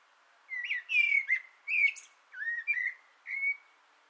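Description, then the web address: Common blackbird song of soft, mellow fluted notes, each short phrase gliding in pitch, separated by brief pauses and a few thin high squeaks. On an antenna, 6 June 2025. "Naturinspelningar Koltrast på antennen 2025 06 06"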